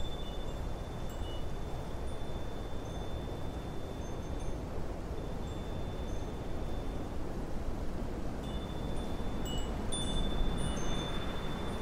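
Wind chimes ring in an autumn wind, with scattered bright, thin tones sounding every second or two over a steady, dense rush of low wind. A long held high note lingers through most of the clip, and the chimes cluster more busily near the end.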